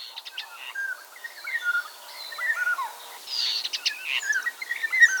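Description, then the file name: Common starling song: a busy warble of clicks, rattles and slurred whistles, growing denser in the second half. "seregely"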